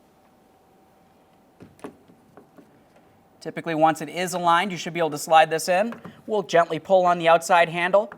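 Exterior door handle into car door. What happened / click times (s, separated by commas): The door handle was being lined up and had not yet seated / none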